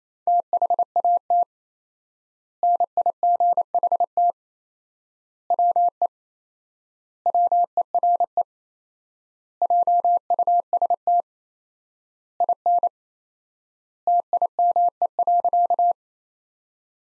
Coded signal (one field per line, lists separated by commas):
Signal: Morse code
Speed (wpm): 28 wpm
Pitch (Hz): 700 Hz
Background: none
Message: THAT NIGHT WE WERE JUST IN TIME.